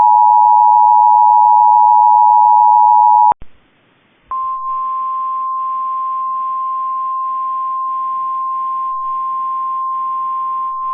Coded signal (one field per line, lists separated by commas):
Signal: Emergency Alert System (SAME) tones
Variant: 853 and 960 Hz attention tone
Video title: Severe Thunderstorm Warning EAS #2 (Cox) 6/18/25